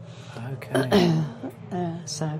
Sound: coughs